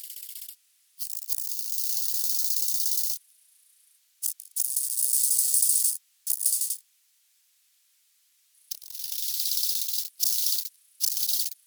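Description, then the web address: Bow-winged grasshopper song: a series of harsh, high buzzing phrases, each lasting from a fraction of a second to about two seconds, separated by pauses, with a finely pulsed scraping texture. "heuschrecken audio nachtigallgrashüpfer"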